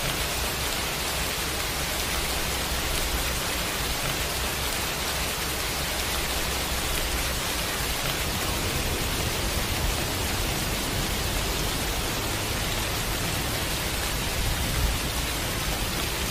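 Rain falls in a steady, dense hiss that holds the same level for the whole stretch, with no individual drops standing out. The sound fills the range from a soft low rumble up to a bright top, and nothing else breaks through.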